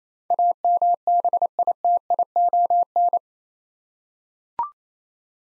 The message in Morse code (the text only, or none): AMBITION